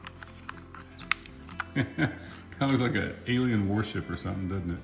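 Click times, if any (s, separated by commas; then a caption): 1.1 s. The two side tabs of the plastic obstacle-avoidance module on a C-Fly Faith 2S drone are pinched, and the module pops off the drone body with a sharp click at 1.1 s, amid a few lighter taps. Someone talks afterward, with music in the background, and the module ends up released from the drone.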